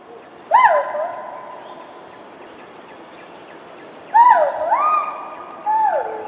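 Hoolock gibbon whoops: a loud rising note that levels off, then after a long quiet gap a few more similar rising notes, the last one falling away.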